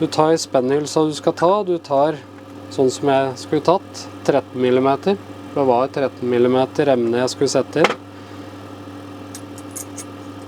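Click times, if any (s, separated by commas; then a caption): none. Someone talks while picking up a 13 mm lathe collet and lining it up with the collet nut before pushing it in. Only light handling noise is heard, with a few small taps around 9.4 s, 9.6 s and 9.8 s. Nothing has clicked or seated in the nut yet.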